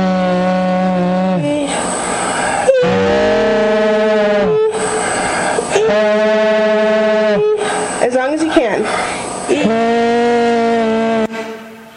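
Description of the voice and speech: Adult man producing repeated sustained vowels during laryngeal stroboscopy. Dysphonia from stiff vocal folds, prolonged after his fourth hydroxylapatite (Radiesse) injection laryngoplasty. Hydroxylapatite lies under the vocal fold margin, both sides are stiff, and the left vocal fold moves as a block rather than being pliable.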